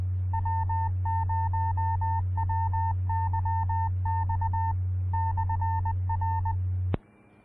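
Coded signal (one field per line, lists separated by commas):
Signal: Morse code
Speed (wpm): 20 wpm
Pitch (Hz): 900 Hz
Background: none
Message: W0WYX/R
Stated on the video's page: Denver area Skywarn repeater on 146.940 MHz.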